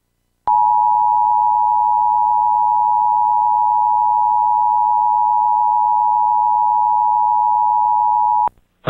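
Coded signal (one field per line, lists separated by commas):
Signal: Emergency Alert System (SAME) tones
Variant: 853 and 960 Hz attention tone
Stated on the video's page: Xfinity cable EAS test in Minnesota, recorded on VHS.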